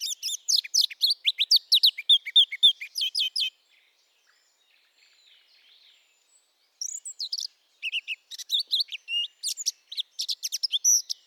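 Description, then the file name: Eurasian blackcap pouring out dense, rapid warbling, falling silent for about three seconds, then resuming with similar lively phrases. "Sylvia atricapilla"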